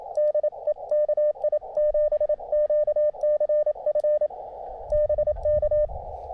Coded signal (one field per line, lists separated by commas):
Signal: Morse code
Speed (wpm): 27 wpm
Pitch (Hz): 600 Hz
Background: none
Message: DE KI7QCF BK